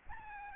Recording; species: mosquito wingbeat signal from an infrared sensor; Aedes albopictus